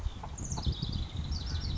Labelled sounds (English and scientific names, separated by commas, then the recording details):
House Wren (Troglodytes aedon)
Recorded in Sonoma County, California